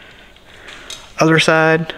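A second crimped wire terminal is handled at the plastic connector housing of a high-current relay, with faint rustling and a soft tick near 0.4 s before someone talks. Nothing has seated or clicked yet.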